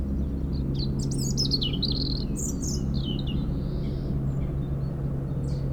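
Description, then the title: European robin singing a tumbling series of high, liquid notes early on, then a longer thin note, against steady helicopter rumble. Singing in a hedge near Lac du Bourget, France, during a helicopter airlift for cliff works, engine sound echoing off the mountain; Zoom H4n Pro recorder placed upright on the ground. "4 Chem. de la Pointe Forestier, Brison-Saint-Innocent, France - Duo rouge-gorge hélicoptère"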